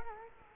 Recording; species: mosquito wingbeat signal from an infrared sensor; Culex quinquefasciatus